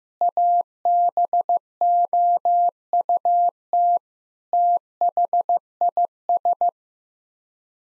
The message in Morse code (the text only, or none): ABOUT THIS